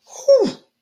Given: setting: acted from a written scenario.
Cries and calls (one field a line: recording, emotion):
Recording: vocal sound without words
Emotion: fear